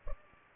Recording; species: mosquito wingbeat signal from an infrared sensor; Culex pipiens